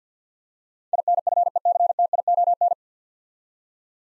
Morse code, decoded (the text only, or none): INFECTION